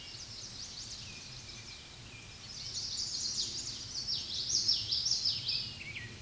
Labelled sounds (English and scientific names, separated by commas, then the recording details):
Common Yellowthroat (Geothlypis trichas) song
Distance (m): 15 m
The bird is about 5 m above the microphone
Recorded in a Pennsylvania forest on 16 May 2024 at 07:04
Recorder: AudioMoth, point MSD-2061
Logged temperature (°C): 16.1 °C
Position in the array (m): 235 m, 173 m